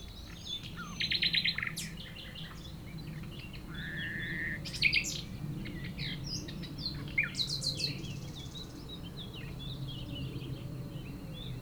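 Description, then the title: Common nightingale song in short phrases: a quick trill, a sustained whistle, then sharp chirping notes, over a steady low engine drone. Several nightingales singing at Chindrieux, France, a rototiller in the distance; recordist a few metres from the foreground singer. "195 Rue de Vars, Chindrieux, France - Rossignols"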